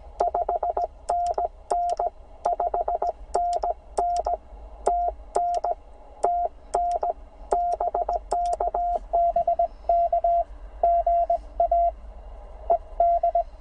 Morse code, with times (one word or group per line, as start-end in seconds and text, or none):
0.2-2.1 5NN
2.5-4.3 5NN
4.9-5.7 TN
6.2-7.1 TN
7.5-10.4 BKBK
10.8-11.9 GA
12.7-13.4 ED